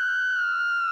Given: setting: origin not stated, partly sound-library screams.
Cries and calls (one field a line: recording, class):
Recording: one-second piece from a danger detection set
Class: woman in danger